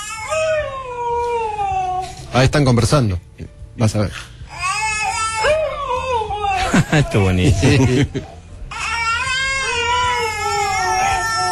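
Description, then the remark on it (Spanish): A dog howls in long, wavering, high-pitched tones, copying a boy's similar crying vocal sounds as they trade back and forth, while a man speaks briefly between the calls. “Lo está copiando, el perro está copiando al chico, ¿sí?”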